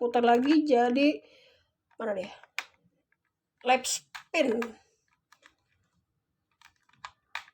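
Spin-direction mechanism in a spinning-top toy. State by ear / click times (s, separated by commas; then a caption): seated / 7.3 s. Someone talks while twisting a plastic part of a spinning-top toy's spin-direction mechanism to switch it from right spin to left spin, with small clicks and ticks of handling. The part clicks into the left-spin position at 7.4 seconds, seating it.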